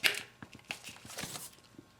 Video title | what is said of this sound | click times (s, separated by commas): Honda Accord VTEC Solenoid Gaskets Replacement | get this hard this back on this clip just line it up press it till it snaps | 0.1 s